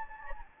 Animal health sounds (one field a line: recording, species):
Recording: mosquito wingbeat signal from an infrared sensor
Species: Anopheles gambiae